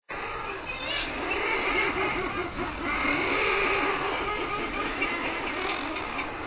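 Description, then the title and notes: Common murres giving low, rolling growls, repeated rapidly and overlapping in a steady colony din without pause. "Lomvi by forskningno"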